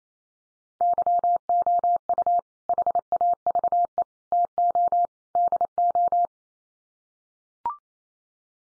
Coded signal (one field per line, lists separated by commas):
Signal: Morse code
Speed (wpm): 28 wpm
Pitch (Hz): 700 Hz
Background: none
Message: YOU HAVE TO DO